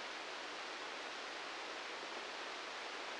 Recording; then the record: brain microelectrode recording played as sound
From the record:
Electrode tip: outside the subthalamic nucleus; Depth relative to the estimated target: -3 mm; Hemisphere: right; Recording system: NeuroSet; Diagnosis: Parkinson's disease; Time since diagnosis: 19 years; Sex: female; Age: 69 years